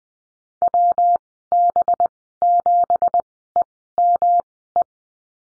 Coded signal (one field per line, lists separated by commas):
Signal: Morse code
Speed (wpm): 20 wpm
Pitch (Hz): 700 Hz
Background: none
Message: WB7EME